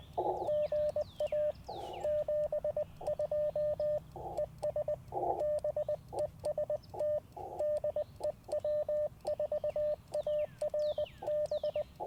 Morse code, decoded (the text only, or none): GA 72 ES BEST DE W4ARB